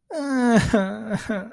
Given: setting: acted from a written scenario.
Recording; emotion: vocal sound without words; sadness